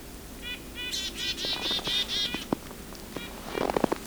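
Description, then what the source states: Red-breasted Nuthatch calls: a quick run of short, nasal, horn-like notes repeated several times, followed by some soft clicks. Christmas Bird Count on Isthmus Bay Road near Swan Lake Lane and 40 Hills Road; bird close by after pishing; very nasal call, sounding much like White-breasted Nuthatch.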